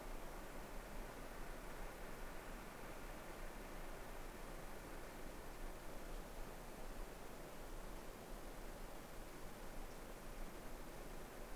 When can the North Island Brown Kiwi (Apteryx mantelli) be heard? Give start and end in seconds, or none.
none